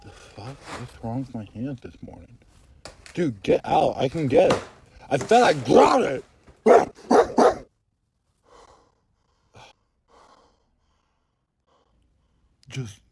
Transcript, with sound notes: The fuck? What’s wrong with my hands this morning? (snappily, at roommate) Dude, get out, I can get it! I said I gOT IT! just–